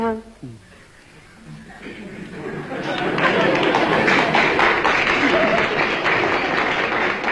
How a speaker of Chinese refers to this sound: 那这鼓掌的人不多呀，鼓掌的人都是南方人。